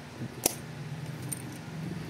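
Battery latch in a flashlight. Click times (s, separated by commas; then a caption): 0.5 s, 1.3 s. The battery compartment latch of a flashlight, repaired with cured UV resin because it would no longer lock, is snapped shut. Two sharp metallic clicks are heard at 0.5 s and 1.3 s. The latch is now locked and will not come out however hard it is pulled.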